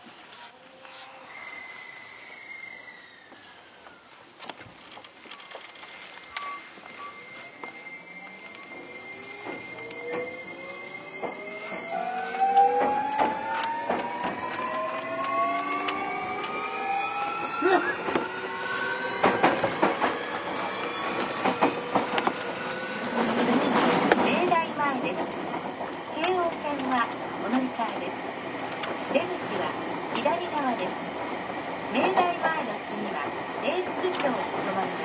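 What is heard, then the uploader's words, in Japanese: A Keio 1000 series train pulls away: after a quiet stretch with a faint steady hum, its motor whine climbs in a series of rising tones from about 11 to 24 seconds. The train then settles into a steady, dense rumble with scattered clicks. 京王1000系 渋谷〜吉祥寺。急行運用を録音しました。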